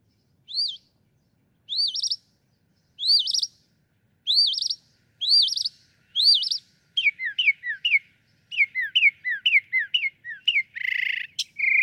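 Northern mockingbird song: a high arched whistled note repeated six times at about one-second intervals, then quick downslurred notes repeated in a series, ending in a harsh buzz.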